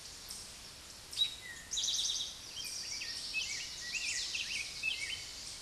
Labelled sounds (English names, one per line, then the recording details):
Eastern Towhee song
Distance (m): 25 m
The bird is about 25 m above the microphone
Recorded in a Pennsylvania forest on 16 May 2024 at 09:31
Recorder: AudioMoth, point MSD-0788
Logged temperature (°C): 16.6 °C
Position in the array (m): 66 m, 8 m